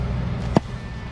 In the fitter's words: seat snaps in place